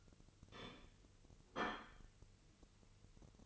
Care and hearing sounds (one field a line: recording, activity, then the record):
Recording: daily activity, microphone in the room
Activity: place plate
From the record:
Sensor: 4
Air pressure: 1008.3 hPa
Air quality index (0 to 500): 80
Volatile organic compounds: 1 ppm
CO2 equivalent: 647 ppm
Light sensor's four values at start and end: 12/28/11/11 and 12/28/11/11